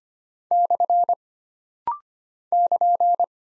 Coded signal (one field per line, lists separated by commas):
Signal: Morse code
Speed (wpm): 25 wpm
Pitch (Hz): 700 Hz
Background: none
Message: / <KN>